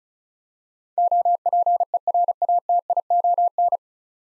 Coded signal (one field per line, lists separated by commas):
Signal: Morse code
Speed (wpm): 36 wpm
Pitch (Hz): 700 Hz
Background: none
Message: OPERATION